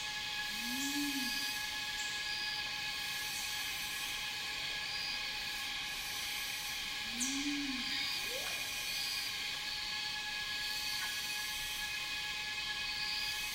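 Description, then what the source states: Cicadas droning steadily in a dense high buzz while a bird gives two low arched hoots, a quick rising note, and scattered short high whistles. Cicadas in a rainforest, heard together with birds.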